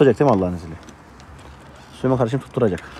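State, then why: Not seated. Someone talks while the steel hood of an old Lada under restoration is being closed into its hood latch, with two faint short knocks at about 0.9 s and 1.2 s in a quiet stretch between the speech. The latch has not caught and nothing has clicked: the lock is broken, the hood does not sit properly and it will not shut.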